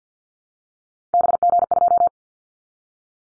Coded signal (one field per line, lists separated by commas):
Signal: Morse code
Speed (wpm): 50 wpm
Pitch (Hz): 700 Hz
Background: none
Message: BG2